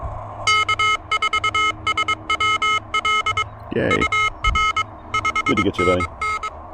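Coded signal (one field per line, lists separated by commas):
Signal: Morse code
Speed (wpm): 22 wpm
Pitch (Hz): 1280 Hz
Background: speech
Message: K4SWL UR 5NN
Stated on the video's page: Pedestrian mobile POTA hunting with an Elecraft KH1 keyed by a TinyPaddle adapter, amid urban QRM.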